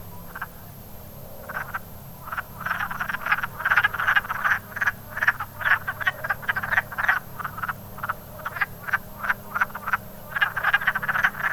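Wood frog calls start sparse and build into a crowded chorus of quacking, clucking notes at an uneven fast pace.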